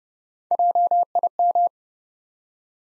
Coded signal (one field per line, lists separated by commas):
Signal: Morse code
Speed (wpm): 29 wpm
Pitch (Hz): 700 Hz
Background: none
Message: JIM